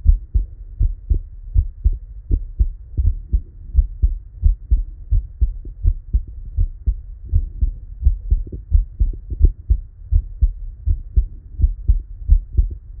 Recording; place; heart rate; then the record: heart sounds by stethoscope; Erb's point; 83 bpm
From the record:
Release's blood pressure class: elevated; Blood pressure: 124/72 mmHg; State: at rest